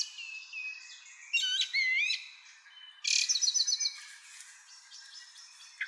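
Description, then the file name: Common blackbird song, softer here: a wavering whistled phrase, then a rapid burst of high, thin trilled notes, with faint background hiss. "Turdus merula"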